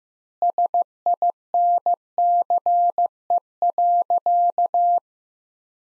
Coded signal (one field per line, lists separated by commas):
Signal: Morse code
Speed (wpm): 15 wpm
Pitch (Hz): 700 Hz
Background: none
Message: SINCE.